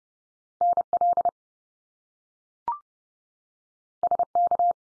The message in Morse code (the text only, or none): NL SK